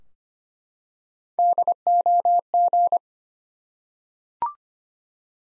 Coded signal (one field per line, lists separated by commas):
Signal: Morse code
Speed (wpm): 25 wpm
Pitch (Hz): 700 Hz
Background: none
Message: DOG